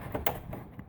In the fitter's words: and just push down you should click in okay